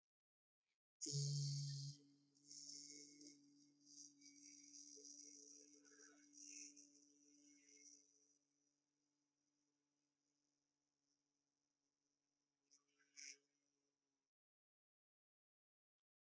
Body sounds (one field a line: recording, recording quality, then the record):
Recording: sustained vowel as in beet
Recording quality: excellent, no background noise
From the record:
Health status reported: healthy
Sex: male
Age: 30 years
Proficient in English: yes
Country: India